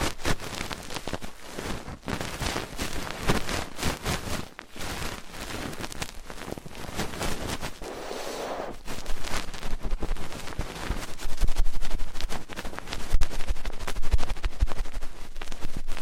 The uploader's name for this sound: Fast & Intense Ear Cleaning